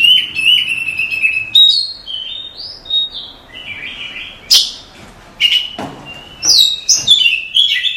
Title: suara kacer